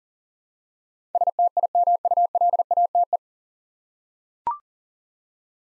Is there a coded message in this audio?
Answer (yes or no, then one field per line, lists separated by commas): yes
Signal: Morse code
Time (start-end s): 1.1-3.2 s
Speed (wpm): 40 wpm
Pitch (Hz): 700 Hz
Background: none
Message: STIMULATE